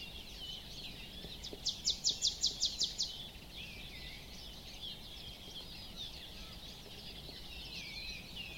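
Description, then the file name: Marsh tit uttering one fast run of about seven sharp, high notes over steady background noise. "Poecile palustris"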